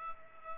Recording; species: mosquito wingbeat signal from an infrared sensor; Culex pipiens